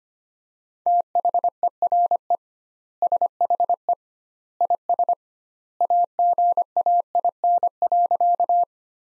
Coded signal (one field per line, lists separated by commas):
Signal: Morse code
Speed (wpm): 25 wpm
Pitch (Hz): 700 Hz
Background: none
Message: THERE SHE IS AGAIN.